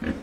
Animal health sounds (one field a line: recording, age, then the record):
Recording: pig call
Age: growing-finishing pig (85 days or more)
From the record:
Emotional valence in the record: negative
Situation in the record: barren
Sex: male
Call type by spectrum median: low-frequency call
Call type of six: low-frequency stable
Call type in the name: low-frequency stable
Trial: 3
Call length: 0.22 s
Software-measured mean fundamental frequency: 44 Hz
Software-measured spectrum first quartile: 218 Hz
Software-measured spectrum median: 361 Hz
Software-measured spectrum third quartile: 1105 Hz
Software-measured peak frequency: 235 Hz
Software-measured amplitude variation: 154 dB a second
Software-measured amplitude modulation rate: 13.5 a second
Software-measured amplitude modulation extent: 11.4 dB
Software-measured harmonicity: 1.4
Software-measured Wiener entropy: -1.26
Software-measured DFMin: 1652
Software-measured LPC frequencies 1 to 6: 301, 1682, 4482, 5371, 6570, 7733 Hz